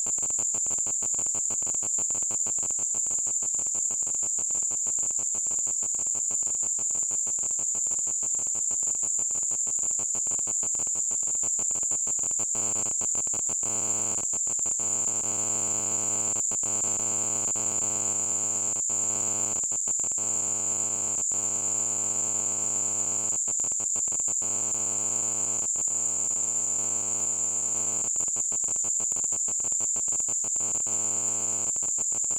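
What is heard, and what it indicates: A steady, piercing high-pitched tone near 7 to 8 kHz holds unchanged for over thirty seconds with a faint hiss beneath it. It is simulated tinnitus, imitating the constant ringing some people hear without any outside sound.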